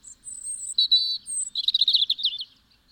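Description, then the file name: European robin singing a sustained thin whistle followed by a fast, glittering trill of high notes. "Erithacus rubecula"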